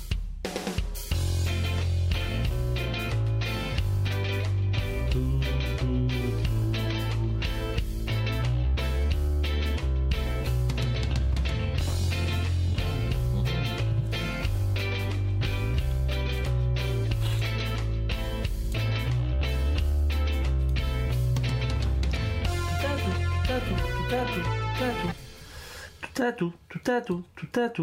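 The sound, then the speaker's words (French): A synth bass line pulses in a repeating stepped pattern beneath punchy drums and layered chords, the full groove playing loudly before cutting out near the end into a few scattered hits. “Ça, on va rajouter que partir d'ici pour avoir une petite basse quand même au début. C'est cool la basse.”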